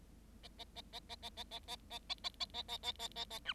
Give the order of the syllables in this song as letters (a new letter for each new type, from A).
A A A A A A A A A A A A A A A A A A A B